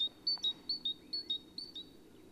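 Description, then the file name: Great tit singing a fast run of high, thin two-note phrases, alternating higher and lower notes about twice a second. "Parus major"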